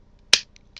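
A plastic toy part is pressed onto its pegs and into the body of a combining robot figure, clipping in with one sharp, bright snap at 0.3 s. Two faint ticks follow at about 0.6 and 0.8 s, and the part is seated.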